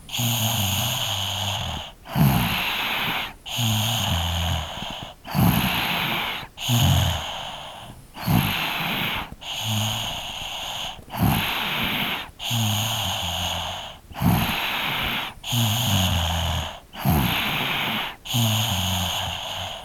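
Regular rattling, buzzing snores on both inhale and exhale, about 20 breaths a minute, from a sleeping 3-year-old child, captured as a field recording.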